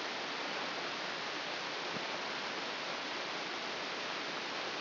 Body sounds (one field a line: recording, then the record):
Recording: brain microelectrode recording played as sound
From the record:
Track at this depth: inside the subthalamic nucleus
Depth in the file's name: 1.352 mm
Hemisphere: right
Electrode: 2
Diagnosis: Parkinson's disease